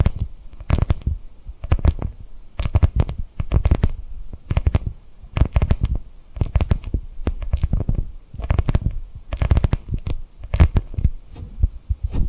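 Fingers tap and rub across a rhinestone-covered surface, with soft lip sounds mixed in. The taps come in quick clustered bursts every second or so, each with a dull low thump and a crisp clicky edge, separated by brief quiet gaps throughout.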